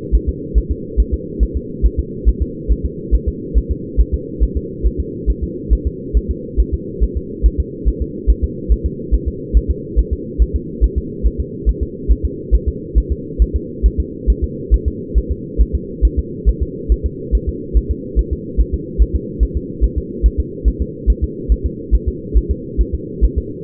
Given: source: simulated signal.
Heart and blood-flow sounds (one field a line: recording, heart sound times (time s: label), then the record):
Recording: fetal heart sounds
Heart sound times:
0.15 s: S1
0.29 s: S2
0.58 s: S1
0.72 s: S2
1.00 s: S1
1.14 s: S2
1.43 s: S1
1.57 s: S2
1.86 s: S1
2.00 s: S2
2.29 s: S1
2.42 s: S2
2.72 s: S1
2.85 s: S2
3.15 s: S1
3.28 s: S2
3.58 s: S1
3.71 s: S2
4.01 s: S1
4.14 s: S2
4.43 s: S1
4.57 s: S2
4.86 s: S1
5.00 s: S2
5.30 s: S1
5.44 s: S2
5.73 s: S1
5.87 s: S2
6.17 s: S1
6.31 s: S2
6.60 s: S1
6.74 s: S2
7.03 s: S1
7.17 s: S2
7.46 s: S1
7.60 s: S2
7.88 s: S1
8.02 s: S2
8.30 s: S1
8.44 s: S2
8.72 s: S1
8.86 s: S2
9.14 s: S1
9.28 s: S2
9.57 s: S1
9.71 s: S2
9.99 s: S1
10.13 s: S2
10.42 s: S1
10.56 s: S2
10.84 s: S1
10.98 s: S2
11.27 s: S1
11.40 s: S2
11.69 s: S1
11.83 s: S2
12.12 s: S1
12.25 s: S2
12.55 s: S1
12.68 s: S2
12.98 s: S1
13.12 s: S2
13.42 s: S1
13.56 s: S2
13.86 s: S1
14.00 s: S2
14.30 s: S1
14.44 s: S2
14.74 s: S1
14.88 s: S2
15.18 s: S1
15.32 s: S2
15.61 s: S1
15.75 s: S2
16.05 s: S1
16.19 s: S2
16.49 s: S1
16.62 s: S2
16.92 s: S1
17.06 s: S2
17.35 s: S1
17.49 s: S2
17.77 s: S1
17.91 s: S2
18.19 s: S1
18.33 s: S2
18.60 s: S1
18.74 s: S2
19.02 s: S1
19.16 s: S2
19.43 s: S1
19.57 s: S2
19.84 s: S1
19.98 s: S2
20.26 s: S1
20.40 s: S2
20.68 s: S1
20.82 s: S2
21.10 s: S1
21.24 s: S2
21.52 s: S1
21.66 s: S2
21.95 s: S1
22.08 s: S2
22.37 s: S1
22.51 s: S2
22.81 s: S1
22.95 s: S2
23.24 s: S1
23.38 s: S2
From the record:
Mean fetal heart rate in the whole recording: 140 bpm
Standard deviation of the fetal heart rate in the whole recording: 2 bpm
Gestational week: 34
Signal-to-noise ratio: -4.1 dB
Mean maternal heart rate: no maternal heart sound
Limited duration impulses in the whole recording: absent